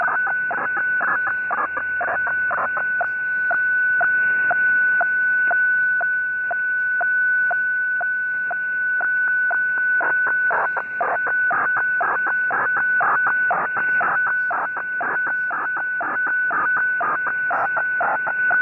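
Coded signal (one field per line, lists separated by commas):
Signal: weather fax (radiofax)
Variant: 120 lines per minute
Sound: steady whining tone with a short rhythmic tick twice a second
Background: radio static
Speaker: that's the Boston weather facts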